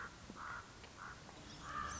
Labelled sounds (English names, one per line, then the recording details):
Common Raven
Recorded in Sonoma County, California